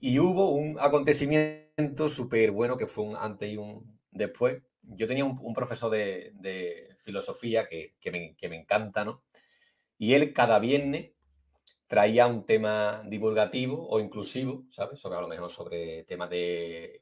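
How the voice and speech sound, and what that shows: An adult man who has stuttered since childhood speaks conversational Spanish at a moderate pace, with sound prolongations on some vowels, a repeated phrase, 'que me... que me encanta', and scattered hesitant pauses. These are mild stuttering disfluencies, with repetitions and prolongations interrupting otherwise fluent speech.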